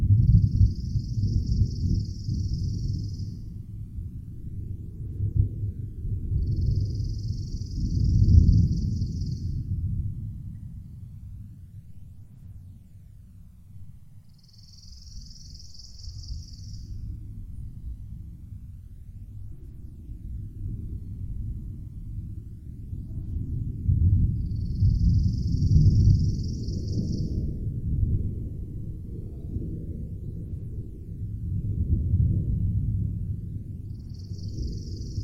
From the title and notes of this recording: 8D Distant Summer Thunder.